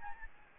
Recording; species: mosquito wingbeat signal from an infrared sensor; Aedes albopictus